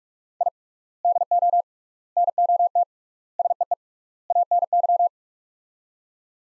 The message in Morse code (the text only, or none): I DO NOT SEE ANY